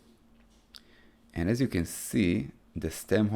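A plastic movement holder that sits slightly out of a watch case is pushed in. A single sharp click is heard at 0.8 s as it seats. Then someone talks.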